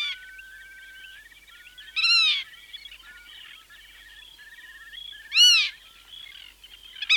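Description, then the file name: Black-tailed godwit calls: two strong, harsh, harmonic calls a few seconds apart, set against a busy background of twittering birds and a long thin whistle. "British Library - Black-tailed Godwit"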